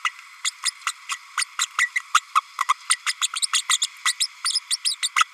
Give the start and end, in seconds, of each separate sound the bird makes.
0.04-0.10, 0.44-0.51, 0.65-0.70, 0.86-0.92, 1.09-1.18, 1.37-1.44, 1.59-1.66, 1.78-1.90, 1.95-2.03, 2.14-2.20, 2.35-2.41, 2.60-2.67, 2.68-2.74, 2.90-2.96, 3.06-3.13, 3.21-3.28, 3.53-3.62, 3.69-3.78, 3.81-3.87, 4.05-4.13, 4.20-4.27, 4.44-4.59, 4.70-4.77, 4.84-4.95, 5.02-5.09, 5.16-5.25